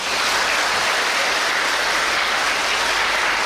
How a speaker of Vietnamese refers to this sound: Người đến cho một tràng pháo tay.